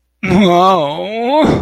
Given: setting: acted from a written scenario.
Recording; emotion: vocal sound without words; ecstasy